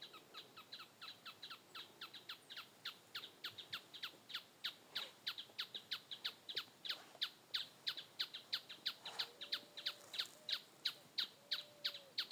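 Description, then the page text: Planalto tapaculo calling in a long, rapid run of crisp, evenly spaced notes, about three a second; a faint level whistle from another bird appears near the end. Recorded 20 June 2025 in Misiones, Argentina. "Churrín Plomizo (Scytalopus pachecoi). Santiago Juan Torres"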